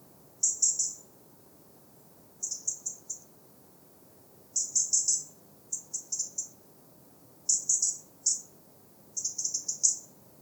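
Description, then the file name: European robin calls: very high, thin, short notes in quick clusters of a few, repeated every one to two seconds over faint low background noise. "Erithacus rubecula"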